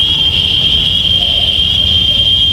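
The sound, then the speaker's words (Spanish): Cicadas from the town of Tejutepeque buzz in one loud, shrill, steady drone that holds a single high pitch for the whole stretch, over a soft low rumble. Nobody speaks. “Desde el pueblo de Tejutepeque, el sonido de las chicharras.”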